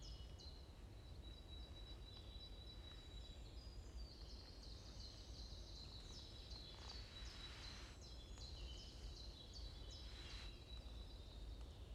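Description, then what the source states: Birds chirping in fast runs of high, downslurred notes, pausing and restarting, above a continuous low drone. Morning birds chirping in a forest in Bosvoorde, Watermaal-Bosvoorde, Brussels, Belgium; described as peaceful ('rust'); recorded with an AMBE VR microphone.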